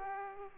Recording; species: mosquito wingbeat signal from an infrared sensor; Aedes aegypti